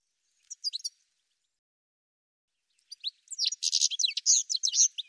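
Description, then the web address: Bird singing: a short burst of high, quick chirps, a pause of about two seconds, then a denser, louder run of sharp twittering notes. No other sounds. "cianscape birddata"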